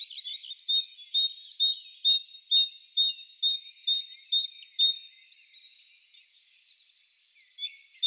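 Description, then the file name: Great tit song: a bright two-note phrase, high then lower, repeated rapidly for about five seconds, followed by softer chirps. "Parus major"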